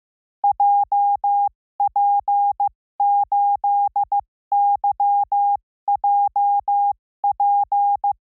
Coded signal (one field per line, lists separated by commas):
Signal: Morse code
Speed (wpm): 15 wpm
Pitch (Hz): 810 Hz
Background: none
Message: JP8YJP